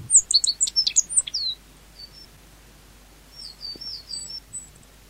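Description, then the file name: Meadow bunting calls: a loud cluster of sharp high chirps, then a pause, then a softer string of thin, even notes. Recorded 10 May 1991. "10 05 91 Ecioides IIIb"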